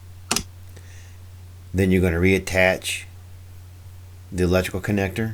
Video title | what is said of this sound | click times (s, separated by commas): The DREADED CHECK your GAS CAP message on your JEEP EASY FIX code PO456 | turn it clockwise until you hear that clip snap in place. | 0.3 s, 0.4 s